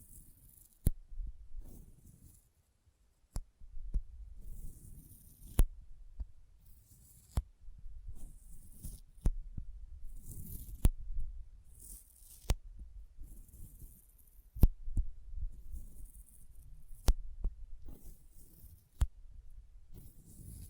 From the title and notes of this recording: ASMR Intense Sticky Finger Sounds (No Talking).